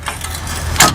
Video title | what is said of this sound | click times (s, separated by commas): Quicksilver Owners Manual- Setup | rotate it, and you'll hear it lock into position. | 0.8 s